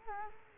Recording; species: mosquito wingbeat signal from an infrared sensor; Culex quinquefasciatus